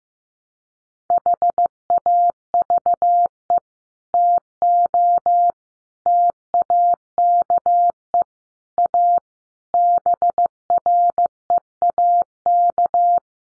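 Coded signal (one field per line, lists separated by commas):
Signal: Morse code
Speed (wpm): 15 wpm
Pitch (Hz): 700 Hz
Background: none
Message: HAVE TO TAKE A BREAK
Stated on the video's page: Morse code practice at 15 wpm, five-word groups sent for head-copy.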